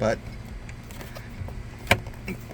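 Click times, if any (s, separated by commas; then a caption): 1.9 s. On a 2006-2010 Hyundai Sonata, the instrument cluster bezel/trim panel is pushed into the dashboard against resistance while someone talks, with a few faint ticks along the way. At 1.9 s a sharp, loud click rings out as the panel's two spring tabs squeeze and pop open inside the dash. The trim panel is seated.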